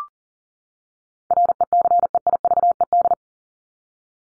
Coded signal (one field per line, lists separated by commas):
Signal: Morse code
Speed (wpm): 40 wpm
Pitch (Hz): 700 Hz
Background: none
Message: RECEIVED